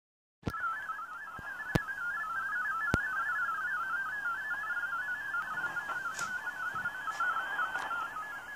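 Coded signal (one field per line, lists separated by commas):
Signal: multi-tone FSK (Olivia or MFSK type)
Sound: rapid warbling tone hopping among pitches around 1.5 kHz, continuous, with occasional clicks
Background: radio static, crashes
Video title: 5850 kHz WRMI Broadcasting Digital Modes - Sony ICF-SW7600GR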